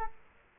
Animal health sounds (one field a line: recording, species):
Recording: mosquito wingbeat signal from an infrared sensor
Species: Culex quinquefasciatus